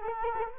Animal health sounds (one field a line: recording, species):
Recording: mosquito wingbeat signal from an infrared sensor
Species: Culex quinquefasciatus